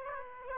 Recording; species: mosquito wingbeat signal from an infrared sensor; Aedes aegypti